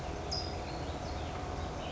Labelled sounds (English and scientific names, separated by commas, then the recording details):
California Towhee (Melozone crissalis)
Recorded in Sonoma County, California